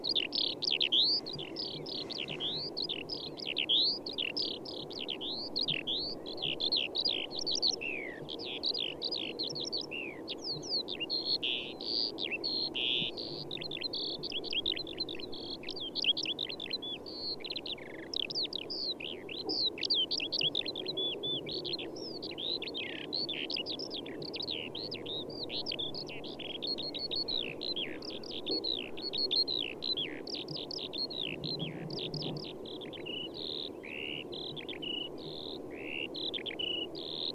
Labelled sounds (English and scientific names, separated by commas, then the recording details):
Eurasian Skylark (Alauda arvensis) flight song
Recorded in the wild
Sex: male
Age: adult
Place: Schönow, Naturpark Barnim, Brandenburg, DE
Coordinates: 52.6872, 13.5156
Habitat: heath
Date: 2005-03-31
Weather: clear, -2°C, weak wind
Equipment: Tascam DA-P1, Telinga Pro 5
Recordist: Frommolt, Karl-Heinz